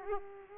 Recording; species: mosquito wingbeat signal from an infrared sensor; Aedes aegypti